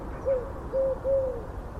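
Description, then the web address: Eurasian collared dove calling a three-part coo, a short note then two longer, level hollow notes, over quiet low rumble. "Deverinetal 2025. Bird Only"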